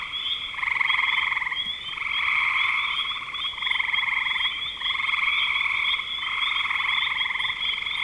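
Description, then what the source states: Frog chorus of buzzy pulsed trills in repeated bursts separated by short pauses, several animals overlapping. Recorded in spring 2025.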